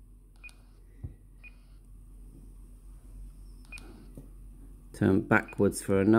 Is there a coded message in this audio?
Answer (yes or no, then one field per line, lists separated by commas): no